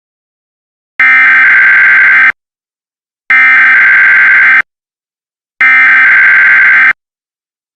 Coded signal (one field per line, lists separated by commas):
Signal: Emergency Alert System (SAME) tones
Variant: header bursts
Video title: EAS Scenario 20 Yellowstone Panty Eruption